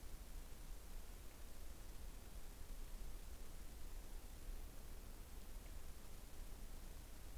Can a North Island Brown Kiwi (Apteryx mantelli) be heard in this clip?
no